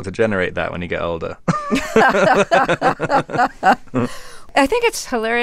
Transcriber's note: laughter